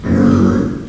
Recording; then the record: squeal of a Yucatan mini pig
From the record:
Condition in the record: after surgery on the right vocal fold (resection and tissue-engineered implant); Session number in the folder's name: 12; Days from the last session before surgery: 105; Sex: female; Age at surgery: 19 weeks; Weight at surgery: 25 kg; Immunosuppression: prednisolone